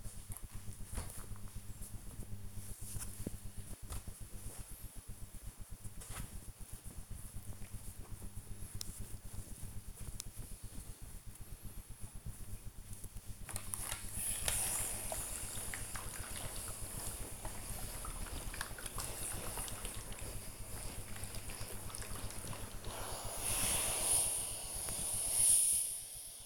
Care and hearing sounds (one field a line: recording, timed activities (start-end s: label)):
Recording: household activities, microphone on the right wrist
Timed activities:
14.72-26.46 s: ironing laundry